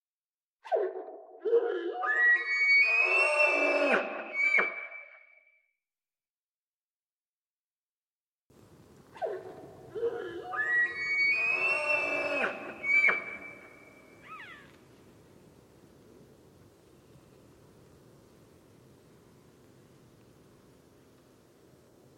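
A male elk bugles twice in a forest glade, each call a rising, strained whistle with grunting undertones lasting about four to five seconds. Total silence fills the gap between calls; after the second, a steady low hiss of wind or water lingers.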